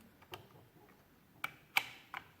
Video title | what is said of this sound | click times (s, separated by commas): 1916 Burroughs Class 3 part #b | then see now it springs back now the keys locked into place | 1.4 s, 1.8 s